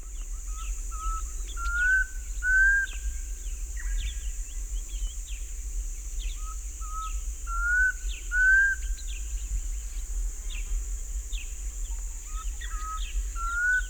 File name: Black Cuckoo (Cuculus clamosus)